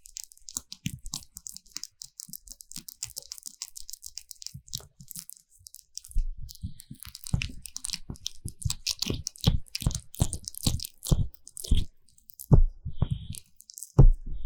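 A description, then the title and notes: Vaseline ear massage sounds: soft, sticky squishing and crackling strokes with a slick, wet texture. The first six seconds are quieter, with light rapid crackles; after that the strokes grow louder and fuller, landing in irregular pulses about once or twice a second. 凡士林耳朵按摩. Vaseline Ear massage Sounds | NoTalking.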